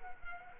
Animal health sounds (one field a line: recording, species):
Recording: mosquito wingbeat signal from an infrared sensor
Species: Culex quinquefasciatus